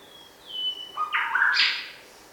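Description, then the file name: Bower's shrikethrush call: a high falling whistle drops lower, followed by stepped harsh buzzy notes climbing to a loud rasp; quiet surroundings. "Colluricincla Boweri"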